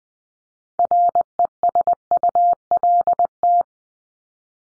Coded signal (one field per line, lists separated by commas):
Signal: Morse code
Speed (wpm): 20 wpm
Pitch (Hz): 700 Hz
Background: none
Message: RESULT